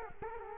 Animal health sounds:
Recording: mosquito wingbeat signal from an infrared sensor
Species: Culex quinquefasciatus

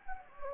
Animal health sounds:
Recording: mosquito wingbeat signal from an infrared sensor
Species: Anopheles gambiae

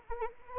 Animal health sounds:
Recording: mosquito wingbeat signal from an infrared sensor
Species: Anopheles arabiensis

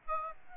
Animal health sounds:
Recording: mosquito wingbeat signal from an infrared sensor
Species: Aedes albopictus

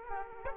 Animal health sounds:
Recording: mosquito wingbeat signal from an infrared sensor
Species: Aedes aegypti

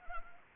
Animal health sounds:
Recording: mosquito wingbeat signal from an infrared sensor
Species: Anopheles arabiensis

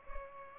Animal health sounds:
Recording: mosquito wingbeat signal from an infrared sensor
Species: Culex pipiens

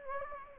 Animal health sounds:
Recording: mosquito wingbeat signal from an infrared sensor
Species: Anopheles gambiae

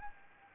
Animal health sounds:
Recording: mosquito wingbeat signal from an infrared sensor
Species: Anopheles gambiae

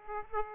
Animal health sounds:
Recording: mosquito wingbeat signal from an infrared sensor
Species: Aedes aegypti

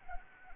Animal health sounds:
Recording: mosquito wingbeat signal from an infrared sensor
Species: Anopheles arabiensis

